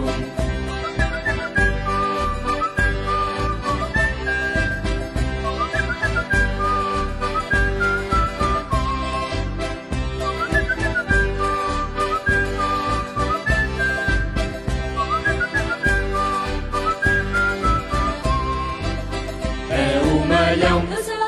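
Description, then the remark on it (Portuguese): A person whistles a bright, wavering tune in repeated rising and falling phrases over loud, steady band accompaniment with a strong beat. “E cantam elas: é um milhão vadio acompanhado ao assobio.”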